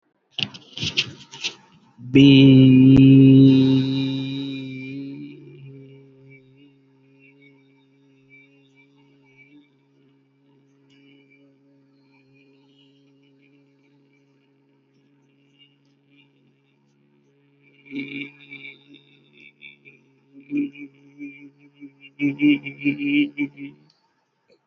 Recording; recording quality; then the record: sustained vowel as in beet; excellent, no background noise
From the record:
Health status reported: healthy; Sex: male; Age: 20 years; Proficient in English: yes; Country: India